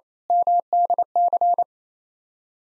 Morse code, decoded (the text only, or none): MDC